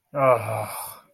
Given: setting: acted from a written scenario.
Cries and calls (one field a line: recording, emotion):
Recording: vocal sound without words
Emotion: anger